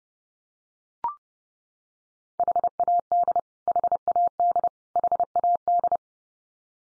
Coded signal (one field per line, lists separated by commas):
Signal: Morse code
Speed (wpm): 30 wpm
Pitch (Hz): 700 Hz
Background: none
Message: HAD HAD HAD